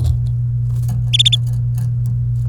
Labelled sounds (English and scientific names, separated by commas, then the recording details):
Domestic Canary (Serinus canaria) song
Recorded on 28 April 2018 at 12:07
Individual llb3